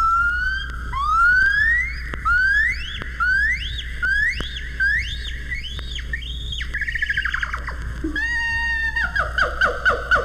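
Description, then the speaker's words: Gibbon call, a series of rising whooping notes that climb and speed up, ending in rapid quavering trills, over a low steady hum. Gibbon at a zoo. "This is the call of a gibbon ape."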